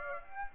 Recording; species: mosquito wingbeat signal from an infrared sensor; Aedes aegypti